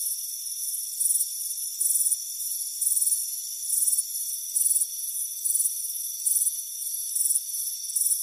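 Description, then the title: High-pitched cricket chirps pulsing in evenly spaced bursts, with a steady insect hum running underneath. "Soothing Crickets Chirping Sound"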